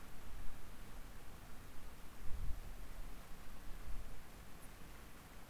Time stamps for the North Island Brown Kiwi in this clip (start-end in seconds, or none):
none